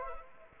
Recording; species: mosquito wingbeat signal from an infrared sensor; Anopheles arabiensis